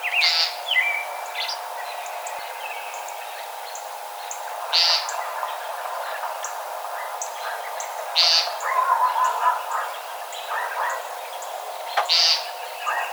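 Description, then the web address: Common nighthawk calls, short buzzy nasal peents repeated roughly every four seconds, among soft chirping of other birds over a constant hum. Recorded 12 March 2007. "Common Nighthawk 2007 03 12"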